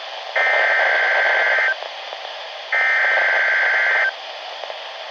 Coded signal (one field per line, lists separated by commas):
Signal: Emergency Alert System (SAME) tones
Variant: header bursts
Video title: EAS #441-443: 3 NWR Required Weekly Tests- Dec. 2, 2020